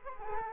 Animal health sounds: mosquito wingbeat signal from an infrared sensor; Culex quinquefasciatus

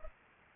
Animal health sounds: mosquito wingbeat signal from an infrared sensor; Culex pipiens

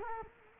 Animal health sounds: mosquito wingbeat signal from an infrared sensor; Culex quinquefasciatus

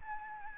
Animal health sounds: mosquito wingbeat signal from an infrared sensor; Aedes albopictus

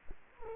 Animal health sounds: mosquito wingbeat signal from an infrared sensor; Culex quinquefasciatus

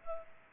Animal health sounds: mosquito wingbeat signal from an infrared sensor; Culex pipiens

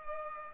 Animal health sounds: mosquito wingbeat signal from an infrared sensor; Culex pipiens

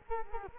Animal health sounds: mosquito wingbeat signal from an infrared sensor; Culex quinquefasciatus

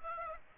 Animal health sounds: mosquito wingbeat signal from an infrared sensor; Aedes aegypti

